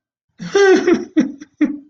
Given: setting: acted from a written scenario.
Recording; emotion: vocal sound without words; sadness